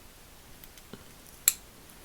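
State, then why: Seated. A metal retaining piece is pressed around a lip in the head of a vintage Powr Kraft (Thorsen) 4820 00T 3/8-inch drive hand ratchet during reassembly, after being worked under a loop. Soft, faint handling ticks come first, then one sharp, loud metallic click at 1.5 s as the piece snaps home and is seated.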